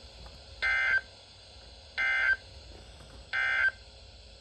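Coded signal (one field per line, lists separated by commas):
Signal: Emergency Alert System (SAME) tones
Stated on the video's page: Quadruple SAME header, a tornado warning and three severe thunderstorm warnings, from a Columbus, Ohio weather radio station.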